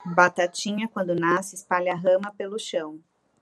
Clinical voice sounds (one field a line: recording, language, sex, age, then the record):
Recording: short text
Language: Brazilian Portuguese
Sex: female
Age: 30 to 39 years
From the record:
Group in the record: control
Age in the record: 35 years